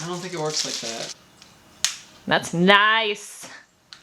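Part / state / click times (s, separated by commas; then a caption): plastic part snapping onto a handheld device / seated / 3.9 s. A plastic part is pushed onto a new handheld device during unboxing while people talk. A sharp snap is heard at 3.9 s as the part clicks into place.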